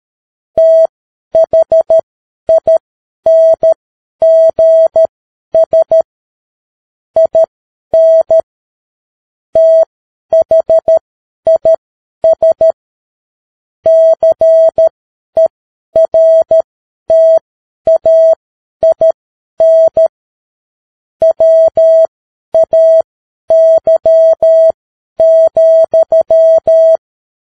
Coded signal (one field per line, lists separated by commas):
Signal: Morse code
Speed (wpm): 13 wpm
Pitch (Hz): 650 Hz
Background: none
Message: THINGS IN THIS CERTAIN WAY,